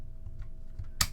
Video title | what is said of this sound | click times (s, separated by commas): How To Clean Your Empire Axe 2.0 Paintball Gun - Step By Step | till it clicks into place, and you're ready to rock. | 1.0 s